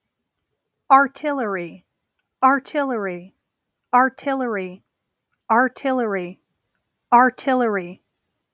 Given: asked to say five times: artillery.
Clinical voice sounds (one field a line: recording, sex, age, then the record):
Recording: repeated word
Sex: female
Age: 30 to 39 years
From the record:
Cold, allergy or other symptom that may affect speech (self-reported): no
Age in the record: 34 years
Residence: Nevada, United States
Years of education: 16